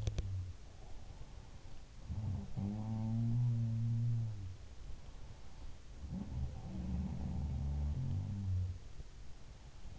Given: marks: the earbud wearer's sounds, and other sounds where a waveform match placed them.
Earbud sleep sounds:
sounds in sleep by an in-ear microphone; teeth grinding
0.00-0.28 s: teeth grinding
1.99-4.90 s: sound from someone else or the room
5.94-8.84 s: sound from someone else or the room

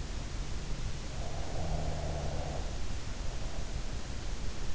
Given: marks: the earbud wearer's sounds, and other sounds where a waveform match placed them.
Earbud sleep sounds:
sounds in sleep by an in-ear microphone; breath
1.12-4.24 s: breath

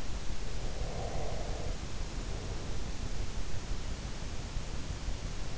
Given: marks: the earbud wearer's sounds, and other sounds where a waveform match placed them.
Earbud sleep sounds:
sounds in sleep by an in-ear microphone; breath
0.66-2.79 s: breath

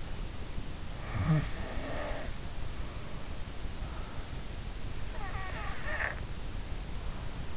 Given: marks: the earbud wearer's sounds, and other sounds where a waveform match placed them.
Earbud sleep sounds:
sounds in sleep by an in-ear microphone; snoring breath
0.87-2.72 s: snoring breath
5.23-6.17 s: snoring breath

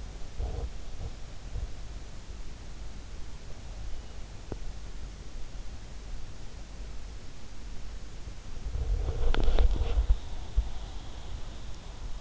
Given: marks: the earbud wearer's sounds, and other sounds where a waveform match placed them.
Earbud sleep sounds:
sounds in sleep by an in-ear microphone; body movement, teeth grinding, breath
0.00-2.74 s: body movement
4.32-4.77 s: teeth grinding
8.02-10.56 s: body movement
9.99-12.21 s: breath

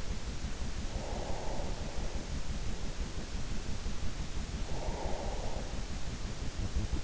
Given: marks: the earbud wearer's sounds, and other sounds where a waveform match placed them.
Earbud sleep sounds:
sounds in sleep by an in-ear microphone; breath
0.67-3.54 s: breath
4.50-7.04 s: breath

